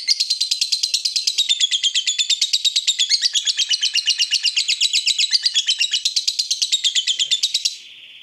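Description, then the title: Yellow-vented bulbul chattering calls, a dense, steady stream of rapid high scratchy notes, running continuously for nearly eight seconds before stopping abruptly. Used as a bird lure (pikat). "PIKAT TRUCUKAN"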